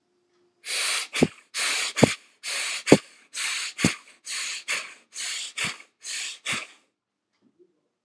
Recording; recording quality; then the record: shallow breathing; excellent, no background noise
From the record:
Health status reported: healthy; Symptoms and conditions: hypertension, diabetes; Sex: male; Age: 64 years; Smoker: not ticked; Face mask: not worn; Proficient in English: yes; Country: India